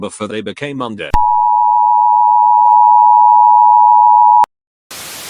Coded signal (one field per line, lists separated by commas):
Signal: Emergency Alert System (SAME) tones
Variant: 853 and 960 Hz attention tone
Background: speech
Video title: EAS Scenario 5 - Zombie Apocalypse (PT 1)